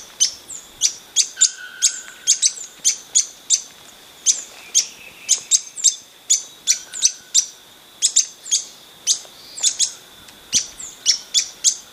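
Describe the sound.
Bird calls: very high, thin chirps repeated quickly, about two or three each second, over a faint steady high tone and an occasional lower whistle.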